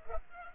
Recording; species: mosquito wingbeat signal from an infrared sensor; Culex pipiens